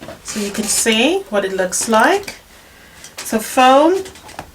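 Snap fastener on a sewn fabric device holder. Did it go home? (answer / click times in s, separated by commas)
no / none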